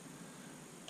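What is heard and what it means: An internal part of a disassembled electrical plug is pushed back into the plug housing during reassembly, over a steady broadband hiss. A single faint hit sounds at 0.9 s. The part almost goes into place but does not fully seat.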